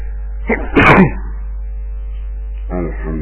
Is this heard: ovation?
no